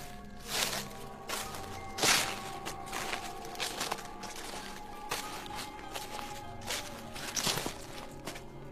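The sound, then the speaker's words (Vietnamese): Slow, uneven footsteps, about ten soft thuds spaced roughly a second apart, crunch across a yard outside, approaching a house, over a steady low humming background with no voices. “Đang hoang mang với mớ suy nghĩ lêu trai thì mụ nghe ở ngoài sân có âm thanh giống như là tiếng bước chân đang tiến lại gần căn nhà.”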